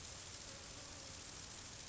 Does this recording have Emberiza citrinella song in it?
no